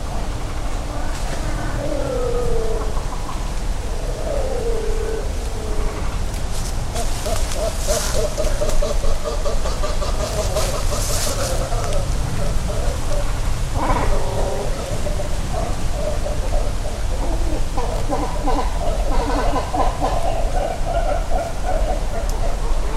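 Great cormorants at a nesting colony give low, croaking and gurgling calls that overlap throughout, with several voices at once. A steady low rumble and a constant hiss sit underneath, and brief bright rustles or crackles flare up around the eighth and eleventh seconds.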